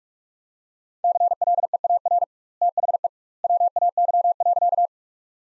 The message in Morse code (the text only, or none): CLEAR THE WAY.